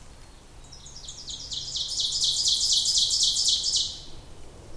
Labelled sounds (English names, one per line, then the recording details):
Ovenbird song
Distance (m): 10 m
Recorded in boreal forest in Alberta, Canada, on 26 May 2016 at 08:26
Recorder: SongMeter 3, array SBT-3-15
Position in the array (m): 36 m, 247 m
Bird 20